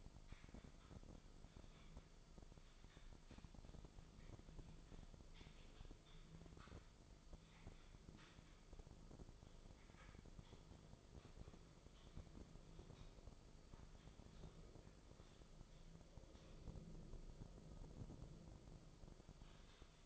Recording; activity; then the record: daily activity, microphone in the room; typing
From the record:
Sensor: 5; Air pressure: 995.4 hPa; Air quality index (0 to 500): 87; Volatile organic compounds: 4 ppm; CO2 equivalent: 1614 ppm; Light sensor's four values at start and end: 25/61/23/22 and 25/61/23/22